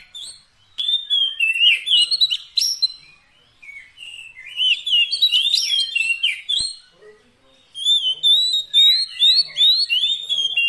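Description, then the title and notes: Oriental magpie-robin song: lively whistled phrases and chirps in bursts separated by short quiet spells. Long-duration fill-in (isian) song meant to make a magpie-robin sing actively day and night. "Kacer Jadi Gacor Siang Malam. Isian Kacer Durasi Panjang"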